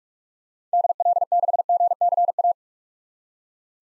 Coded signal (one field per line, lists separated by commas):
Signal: Morse code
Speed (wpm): 46 wpm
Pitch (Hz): 700 Hz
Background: none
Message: DL6GCA